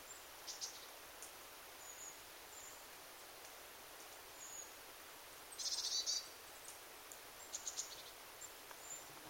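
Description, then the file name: Eurasian blue tit uttering one louder short, high buzzy churr a little past the middle, with a few fainter buzzy bits and scattered thin high pips before and after against quiet background hiss. "Cyanistes caeruleus"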